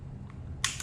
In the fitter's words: First click.